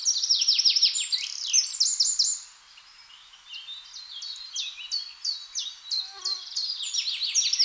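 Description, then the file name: Eurasian wren song: a loud, rapid, high-pitched burst of trills and sharp notes for about two seconds, quieter similar notes between, then another loud trilled burst near the end. "Troglodytes troglodytes"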